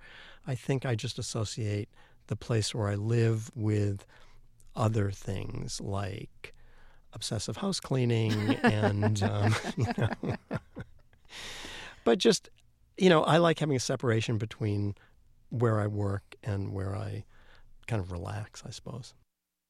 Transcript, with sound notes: I think I just associate the place where I live with other things like obsessive house cleaning and, you know.
(Laughter).
But just, you know, I like having a separation between where I work and where I kind of relax, I suppose.